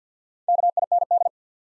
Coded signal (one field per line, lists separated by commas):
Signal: Morse code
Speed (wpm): 50 wpm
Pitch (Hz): 700 Hz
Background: none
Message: KIND